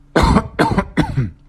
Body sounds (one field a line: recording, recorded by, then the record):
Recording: voluntary cough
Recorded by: messaging app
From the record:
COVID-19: negative